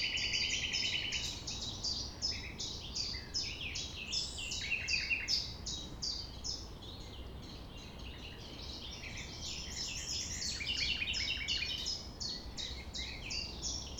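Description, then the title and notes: Common nightingale singing: long buzzy trill at the start, then a dense stream of sharp high chirps and brief rattles, continuous throughout, with low background rumble. Sung at sunrise, 6 a.m., near the Thève river at Champ de Ménage; the nightingale sings without waiting for silence. "6 A.M. Lever du soleil non loin de la Thève au Champ de Ménage. Le rossignol n'attend pas le silence."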